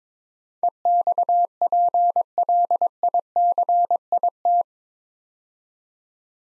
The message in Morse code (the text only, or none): EXPLICIT